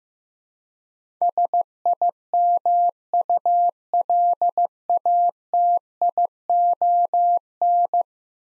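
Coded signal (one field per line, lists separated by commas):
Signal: Morse code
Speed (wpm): 16 wpm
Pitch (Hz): 700 Hz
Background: none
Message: SIMULATION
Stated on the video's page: Morse code practice of 10-letter words at 15 wpm for head-copy.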